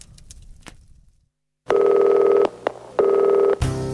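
Telephone tones: two long, loud, steady electronic beeps with a short blip between them, preceded by faint clicking and a brief pause, then a harsher burst at the end.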